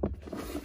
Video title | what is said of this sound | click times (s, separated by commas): How To Replace Cabin Air Filter 2021 Honda Accord 21 CRV | going to pull it in until it snaps | 0.0 s